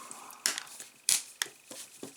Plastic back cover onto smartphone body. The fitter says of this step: Voilà. La coque se clipse bien, voyez.